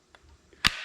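A saw blade sits in the blade clamp of a Bosch 1587 jigsaw, and the clamp is turned clockwise until it ratchets. Three clicks are heard at 0.1, 0.5 and 0.7 seconds, with the last one by far the sharpest and loudest. The clamp tightens on the blade with clicks as it should.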